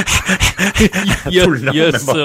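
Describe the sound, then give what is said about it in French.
A person imitates a dog panting with quick, rhythmic breathy huffs, about eight in a row, then slides into voiced, whiny sounds that blend into speech. “Ils ont juste à te respirer dans le cou pendant que tu conduis, puis ça fait la même affaire.”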